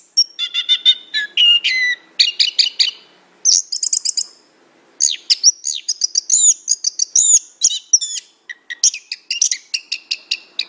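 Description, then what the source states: Orange-headed thrush singing a fast, varied run of clear whistles, buzzy chips and trilled notes, phrases tumbling together with only short gaps. Called Anis Kembang; described as gacor.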